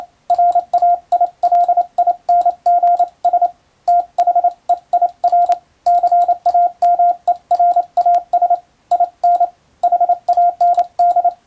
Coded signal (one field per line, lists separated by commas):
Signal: Morse code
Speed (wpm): 28 wpm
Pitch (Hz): 700 Hz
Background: radio noise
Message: RAILINGS THEIR CAMERAS IN HAND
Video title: モールス符号を送る無線通信士という仕事がありました。国家試験でモールスの実技試験を受けて免許を取得します。今では昭和遺産でしょうか。当時はアマチュア無線も大流行しましたね。思い出して聴いてみましょう